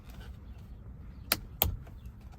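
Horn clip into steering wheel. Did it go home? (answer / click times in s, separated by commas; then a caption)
yes / 1.3 s, 1.6 s. A plastic horn clip is pressed into an Aroham yoke steering wheel for a Tesla Model 3 or Model Y. Two sharp clicks ring out at 1.3 s and 1.6 s over a quiet background. The clip seats into place.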